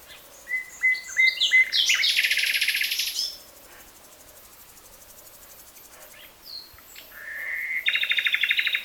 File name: Luscinia megarhynchos